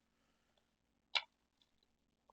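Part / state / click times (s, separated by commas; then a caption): flap on a transforming toy figure going into its lock slot / not seated / none. The plastic flap on a transforming action figure is pushed again toward its lock slot, giving only faint ticks and one brief, brighter tick near 1.2 s. The flap fails to lock in, and nothing has clicked or seated yet.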